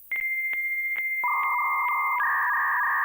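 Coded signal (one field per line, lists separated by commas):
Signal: dial-up modem handshake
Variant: answer tone, phase reversals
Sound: high steady whistle with regular clicks, then buzzy warbling data tones joining underneath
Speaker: So the answering modem starts to make this sound, which disables the echo suppressor so that they can speak at the same time.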